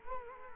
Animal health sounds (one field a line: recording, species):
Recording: mosquito wingbeat signal from an infrared sensor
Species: Culex quinquefasciatus